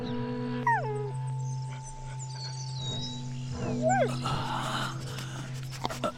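A dog lets out two short, sliding howls that fall in pitch, the second followed by whimpering, over a steady low droning hum with no voices.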